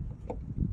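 A high beam headlight bulb is pushed into the headlight housing socket of a 2017 Hyundai Elantra (also referred to as a Sonata) and twisted to lock. A short click is heard at 0.3 s, with faint handling noise after. The twist-lock is not fully seated.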